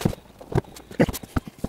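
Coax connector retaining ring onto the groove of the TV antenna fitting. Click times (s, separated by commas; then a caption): 1.4 s. The coax connector on an RV TV antenna is slid down and its retaining ring is pushed onto the groove of the antenna fitting, producing a series of short, low thumps and knocks. The ring snaps into place on the groove at 1.4 s with a sharp click, and the connector is seated.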